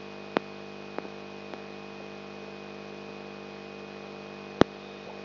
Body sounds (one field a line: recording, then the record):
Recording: brain microelectrode recording played as sound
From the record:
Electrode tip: outside the subthalamic nucleus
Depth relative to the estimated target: -8 mm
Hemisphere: left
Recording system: AlphaMap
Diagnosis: Parkinson's disease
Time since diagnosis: 10 years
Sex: male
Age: 56 years